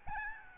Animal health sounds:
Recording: mosquito wingbeat signal from an infrared sensor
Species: Aedes albopictus

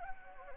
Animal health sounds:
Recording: mosquito wingbeat signal from an infrared sensor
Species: Anopheles gambiae

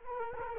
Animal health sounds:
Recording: mosquito wingbeat signal from an infrared sensor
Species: Culex quinquefasciatus

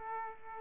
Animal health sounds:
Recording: mosquito wingbeat signal from an infrared sensor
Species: Culex quinquefasciatus

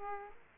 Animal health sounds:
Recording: mosquito wingbeat signal from an infrared sensor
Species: Aedes aegypti

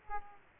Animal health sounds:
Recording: mosquito wingbeat signal from an infrared sensor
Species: Aedes aegypti

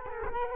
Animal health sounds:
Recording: mosquito wingbeat signal from an infrared sensor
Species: Culex quinquefasciatus

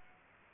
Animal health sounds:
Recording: mosquito wingbeat signal from an infrared sensor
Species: Aedes aegypti

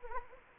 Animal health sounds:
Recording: mosquito wingbeat signal from an infrared sensor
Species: Anopheles gambiae

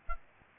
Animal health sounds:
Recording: mosquito wingbeat signal from an infrared sensor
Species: Aedes albopictus

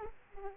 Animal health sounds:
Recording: mosquito wingbeat signal from an infrared sensor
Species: Aedes aegypti

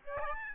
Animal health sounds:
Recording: mosquito wingbeat signal from an infrared sensor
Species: Aedes albopictus

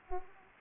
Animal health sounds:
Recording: mosquito wingbeat signal from an infrared sensor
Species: Anopheles arabiensis

